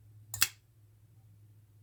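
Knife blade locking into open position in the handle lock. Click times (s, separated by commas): 0.3 s, 0.4 s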